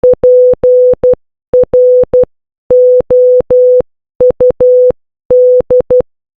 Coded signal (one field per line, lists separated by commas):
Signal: Morse code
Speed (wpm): 12 wpm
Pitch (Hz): 500 Hz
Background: none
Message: PROUD